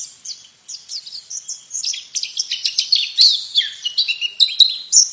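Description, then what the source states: White-eye calling, a continuous fast twitter of thin high slurred notes and chirps, varied and jumbled, steady for several seconds. Female; Indonesian name pleci.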